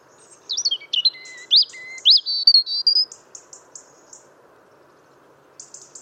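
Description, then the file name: European robin song: a rich burst of thin high whistles, trills and sweeping notes for about three seconds, followed by faint high twittering and a quiet low background hum. "Erithacus rubecula"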